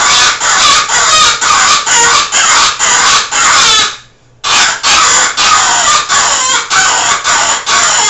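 Rabbit crying out in fast, rasping squeals one after another, breaking off for half a second midway before resuming at the same pace.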